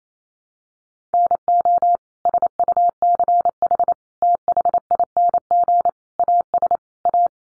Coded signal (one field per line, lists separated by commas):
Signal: Morse code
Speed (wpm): 28 wpm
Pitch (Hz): 700 Hz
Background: none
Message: NO SUCH THING AS A